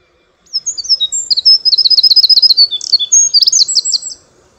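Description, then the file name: Eurasian wren song: a loud, rapid outpouring of high, sharp notes running into fast rattling trills, lasting about four seconds, with no other sounds. "Troglodytes troglodytes"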